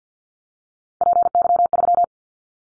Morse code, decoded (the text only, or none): PY3